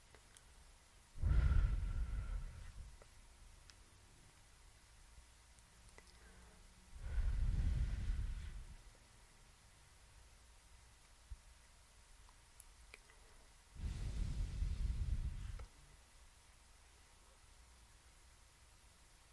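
Hand movements come in three separate bursts of low, muffled rustling and thumping, near the start, around seven seconds, and again near fourteen seconds, each lasting one to two seconds. Between them it is almost silent, with a couple of tiny clicks.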